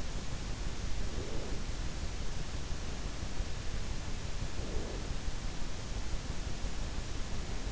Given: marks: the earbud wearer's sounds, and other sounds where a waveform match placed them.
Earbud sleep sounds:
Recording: sounds in sleep by an in-ear microphone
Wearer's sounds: breath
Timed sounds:
0.75-1.74 s: breath
4.20-5.31 s: breath

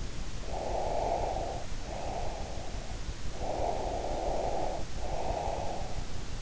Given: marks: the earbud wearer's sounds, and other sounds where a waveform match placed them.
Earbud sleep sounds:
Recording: sounds in sleep by an in-ear microphone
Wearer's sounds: breath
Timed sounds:
0.45-3.08 s: breath
3.37-6.10 s: breath

